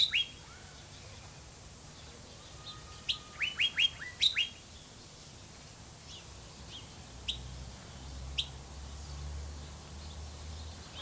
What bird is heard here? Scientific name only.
Aplonis metallica